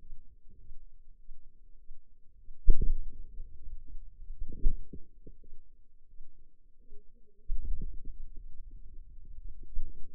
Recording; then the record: forearm muscle sounds (acoustic myography)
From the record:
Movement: wrist flexion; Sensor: system 2, bracelet of six BSWA MPA416 microphones around the upper forearm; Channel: 1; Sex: female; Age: 23 years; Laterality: right